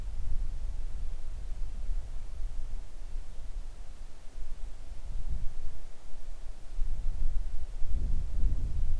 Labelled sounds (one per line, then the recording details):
wind
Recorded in the Arctic National Wildlife Refuge, Alaska, on 3 August 2019 at 10:28
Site 41